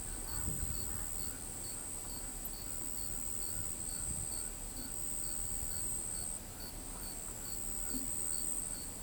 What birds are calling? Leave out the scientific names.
none